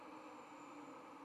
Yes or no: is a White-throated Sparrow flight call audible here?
no